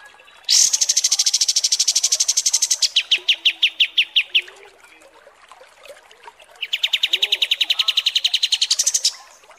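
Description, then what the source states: Kapas tembak song: a high, dense trill drops into slower lower notes; after a pause, another fast rattling trill follows. Masteran training recording.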